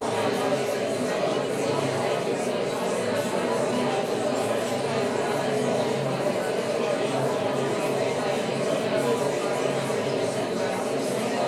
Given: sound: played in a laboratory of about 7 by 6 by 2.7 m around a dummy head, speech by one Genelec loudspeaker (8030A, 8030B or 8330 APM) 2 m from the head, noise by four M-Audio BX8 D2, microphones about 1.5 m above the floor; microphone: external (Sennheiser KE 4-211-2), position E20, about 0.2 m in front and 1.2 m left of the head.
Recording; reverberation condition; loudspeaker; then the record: babble noise; medium; four, about 170 cm from the corners of the room and facing them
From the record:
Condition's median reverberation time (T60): about 510 ms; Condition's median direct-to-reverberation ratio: about -0.5 dB